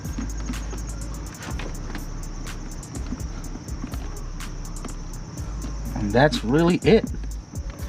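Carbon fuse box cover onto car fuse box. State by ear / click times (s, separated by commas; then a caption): not seated / none. A Revel GT dry carbon fuse box cover is handled over the engine-bay fuse box of a 2018 Subaru WRX/STI, before it is pressed down for its plastic tabs to lock. A steady low hum runs under a few short, light knocks of handling, and someone talks near the end. Nothing has seated or clicked yet.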